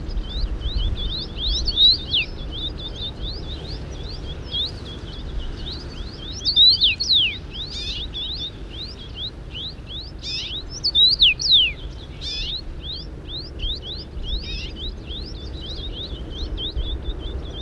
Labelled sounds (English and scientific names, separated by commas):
Common Rosefinch (Carpodacus erythrinus)